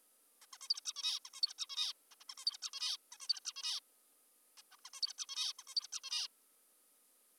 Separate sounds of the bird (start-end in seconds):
0.42-0.46, 0.53-0.58, 0.61-0.68, 0.70-0.80, 0.85-0.93, 0.96-1.20, 1.25-1.30, 1.34-1.41, 1.42-1.54, 1.58-1.66, 1.70-1.93, 2.11-2.16, 2.20-2.24, 2.30-2.34, 2.38-2.45, 2.46-2.58, 2.62-2.70, 2.73-2.97, 3.12-3.17, 3.21-3.28, 3.29-3.40, 3.45-3.53, 3.56-3.80, 4.58-4.62, 4.72-4.76, 4.85-4.90, 4.94-5.01, 5.02-5.13, 5.18-5.26, 5.29-5.52, 5.59-5.64, 5.68-5.74, 5.76-5.87, 5.92-6.00, 6.04-6.27